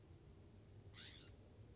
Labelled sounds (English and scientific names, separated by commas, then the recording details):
California Scrub-Jay (Aphelocoma californica)
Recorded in Sonoma County, California